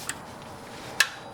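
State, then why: Torque reached. A click-type torque wrench set to 30 foot-pounds tightens the oil pan drain bolt on a 2019 Honda Pilot. After a faint tick at 0.1 s, the wrench gives a sharp, bright click at 1.0 s, confirming the bolt has reached 30 foot-pounds.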